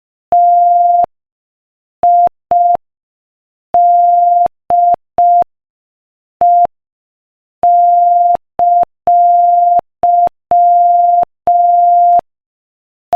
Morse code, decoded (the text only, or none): TIDE!